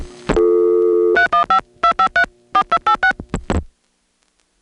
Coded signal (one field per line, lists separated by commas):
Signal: DTMF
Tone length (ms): 90 ms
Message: 3152534286